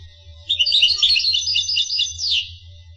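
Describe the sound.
Finch singing a dense, rapid, high-pitched warble of jumbled chirps lasting about two seconds, with a constant low hum underneath.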